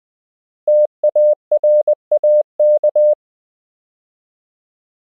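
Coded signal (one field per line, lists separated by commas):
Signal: Morse code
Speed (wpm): 20 wpm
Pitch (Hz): 600 Hz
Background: none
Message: TARAK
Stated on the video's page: Koch method lesson 12 drill: English words and ham radio QSO patterns at 20 WPM, generated by a Morse app.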